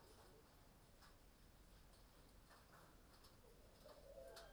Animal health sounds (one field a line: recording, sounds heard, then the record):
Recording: poultry house recording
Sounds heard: healthy chickens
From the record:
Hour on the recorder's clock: 22